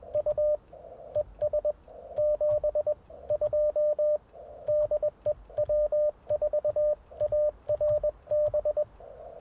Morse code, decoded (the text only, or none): U ES 72 DE W4ARB